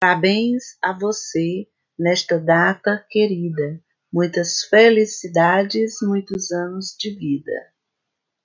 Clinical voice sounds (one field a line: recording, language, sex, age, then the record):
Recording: short text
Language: Brazilian Portuguese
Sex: female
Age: 50 to 59 years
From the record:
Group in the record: control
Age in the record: 50 years